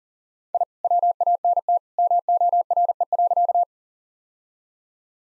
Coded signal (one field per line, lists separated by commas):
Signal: Morse code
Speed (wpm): 40 wpm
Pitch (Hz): 700 Hz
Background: none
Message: I WANT MORE.